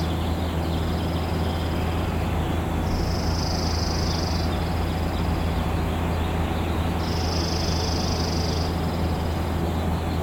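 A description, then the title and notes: Recorded in Maple Leaf, Seattle: a steady low rumbling hum under dense noise, with two high buzzing trills near three and seven seconds. Recorded in Maple Leaf, Seattle.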